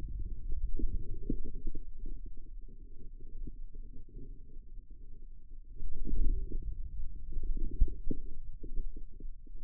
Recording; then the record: forearm muscle sounds (acoustic myography)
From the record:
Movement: inward rotation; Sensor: system 2, bracelet of six BSWA MPA416 microphones around the upper forearm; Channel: 4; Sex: male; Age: 22 years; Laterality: right